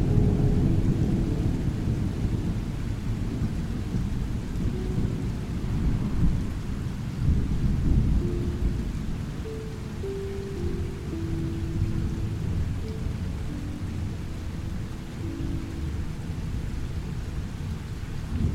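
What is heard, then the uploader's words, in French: A low, dense rumble of storm and rain runs steadily through the whole clip, heaviest in the first eight seconds, then easing slightly. Soft sustained musical tones drift above it, changing pitch slowly from around the eight-second mark onward. Un Mélange Apaisant de Son d'ORAGE et de MUSIQUE Douce. Un mélange unique de son d'orage et de musique douce.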